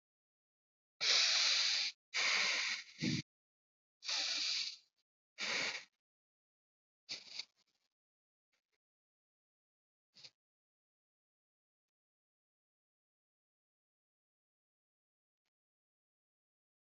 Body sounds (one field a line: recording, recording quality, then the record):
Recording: deep breathing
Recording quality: excellent, no background noise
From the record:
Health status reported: COVID-19 positive, no symptoms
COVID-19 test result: positive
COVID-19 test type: RT-PCR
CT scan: not taken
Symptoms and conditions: none ticked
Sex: male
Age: 24 years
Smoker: no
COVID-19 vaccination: both doses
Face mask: not worn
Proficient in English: yes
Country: India